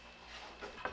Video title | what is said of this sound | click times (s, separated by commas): DIY Portable Outdoor Camping Chair - Beginner Woodworking Project | and let me show you how satisfying it is when they lock into place | 0.9 s